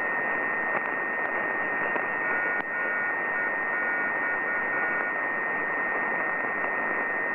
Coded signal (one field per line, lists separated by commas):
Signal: Morse code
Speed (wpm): 10 wpm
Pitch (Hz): 1450 Hz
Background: radio noise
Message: MEX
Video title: MEX Plataforma Petrobrás Mexilhao NDB (near coastline of Sao Paulo state, Brazil) - 1705 kHz (NDB)